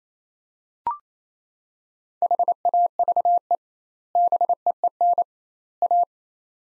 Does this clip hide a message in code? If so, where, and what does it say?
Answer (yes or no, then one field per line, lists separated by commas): yes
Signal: Morse code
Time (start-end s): 2.2-6.0 s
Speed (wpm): 28 wpm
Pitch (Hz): 700 Hz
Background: none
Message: HAVE BEEN A